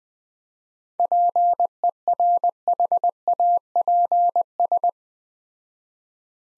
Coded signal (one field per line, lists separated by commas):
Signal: Morse code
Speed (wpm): 20 wpm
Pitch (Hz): 700 Hz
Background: none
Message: PERHAPS